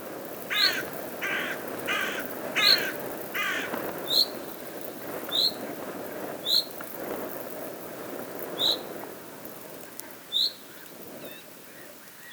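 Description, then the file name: Carrion crow calls: a run of rough caws in the first few seconds, then thin high chirps from another bird repeating at intervals. "Corvus corone"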